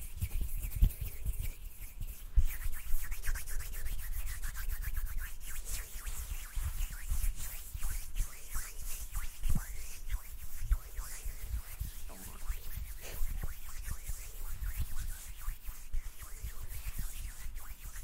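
Intense hand sounds: dense, continuous rubbing and scratching with frequent sharp brushy strokes, hissy and bright, steady throughout with occasional louder taps.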